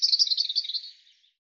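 European robin song fragment: a rapid, high, tinkling trill of tightly packed notes that fades out after about one second, otherwise quiet.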